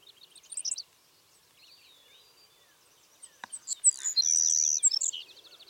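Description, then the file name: Savannah sparrow song: scattered high chips, then a series of ticks into a bright buzzy trill. "Passerculus sandwichensis - Savannah Sparrow"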